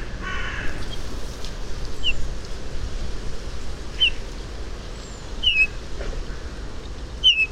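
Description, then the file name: Eurasian bullfinch calls: four plaintive, descending piped whistles roughly every two seconds, over low rumbling noise throughout. "Pyrrhula pyrrhula"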